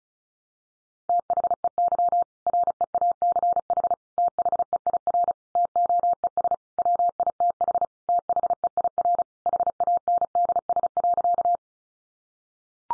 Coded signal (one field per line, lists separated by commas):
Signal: Morse code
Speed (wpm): 34 wpm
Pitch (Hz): 700 Hz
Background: none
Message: THEY REACH THEIR TOES WITH THEIR HANDS.